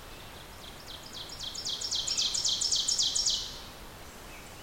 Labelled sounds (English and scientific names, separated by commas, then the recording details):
Ovenbird (Seiurus aurocapilla) song
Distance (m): 30 m
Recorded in boreal forest in Alberta, Canada, on 14 June 2016 at 06:12
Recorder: SongMeter 3, array SBT-3-33
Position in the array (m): 107 m, 21 m
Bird 21